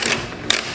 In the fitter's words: there's that click so